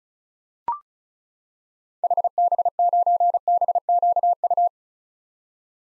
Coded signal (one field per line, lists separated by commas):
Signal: Morse code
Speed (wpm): 36 wpm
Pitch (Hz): 700 Hz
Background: none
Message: HB9BQU